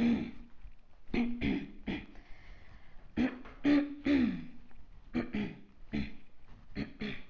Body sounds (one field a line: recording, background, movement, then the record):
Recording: throat clearing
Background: quiet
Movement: walking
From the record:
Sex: female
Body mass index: 22.6 kg/m2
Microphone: on the chest, facing outward